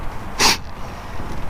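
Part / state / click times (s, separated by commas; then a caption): heater hose quick-connect fitting onto heater core pipe / not seated / none. A new heater core hose quick-connect fitting is pushed onto the heater core pipe of a 2007 Tahoe while the pipe is braced from behind by hand so the push doesn't break anything else. A brief broadband rustling burst comes around 0.4–0.6 s over low background noise. The fitting has not seated or clicked yet.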